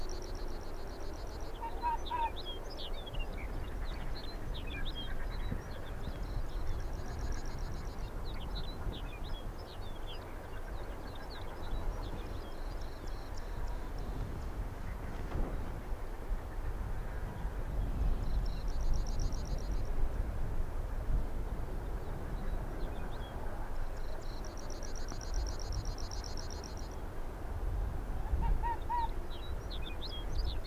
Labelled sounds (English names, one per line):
Arctic Fox